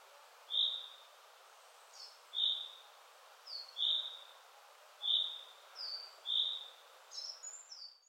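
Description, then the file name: Common chaffinch calls: short, sharp, slightly falling notes repeated about every one and a half seconds, with fainter higher notes between them, over steady background hiss. "Fringilla coelebs"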